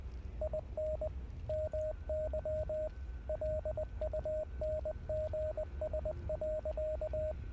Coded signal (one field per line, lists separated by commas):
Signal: Morse code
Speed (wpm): 20 wpm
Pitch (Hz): 620 Hz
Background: radio noise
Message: IN MY LUNGS.